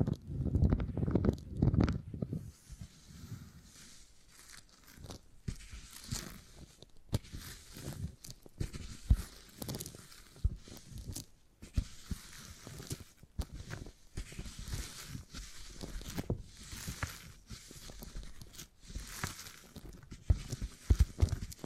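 Beeswax is handled in irregular bursts of soft crackling and sticky tearing sounds, with a heavier low thump-and-rustle cluster in the first two seconds. After that the crackles come in short, uneven flurries every second or so, with brief quiet gaps between them.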